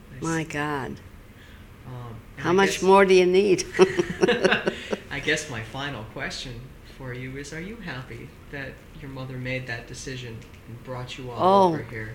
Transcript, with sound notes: My God. How much more do you need? ( she laughs )
I guess my final question for you is are you happy that your mother made that decision and brought you all over here?